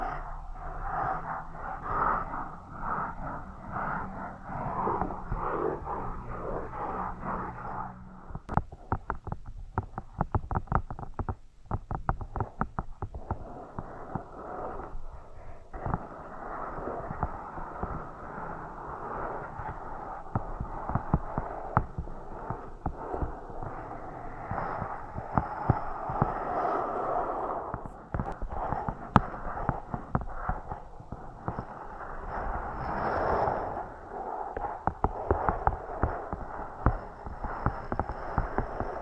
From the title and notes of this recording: Scratching & Tapping Triggers. (NO TALKING).